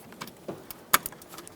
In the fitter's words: Make sure you plug in your connector here. Make sure you hear the click.